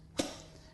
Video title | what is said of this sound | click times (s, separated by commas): Sage BJE520UK the Nutri Juicer Plus Centrifugal Juicer - Silver | You just need to make sure that it clicks into place | 0.2 s